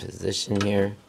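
The metal hood prop rod of a 2015–2022 Toyota Corolla is handled and pushed back toward its holding clip while someone talks. Nothing has seated or clicked into the clip yet.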